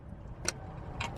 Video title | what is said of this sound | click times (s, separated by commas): How to Replace ALTERNATOR! (on miata) | push it into your click | 0.5 s